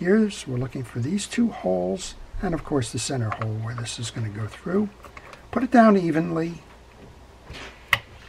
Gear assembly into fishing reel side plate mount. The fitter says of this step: I'm going to make sure that it snaps in place that the two holes are inside the uh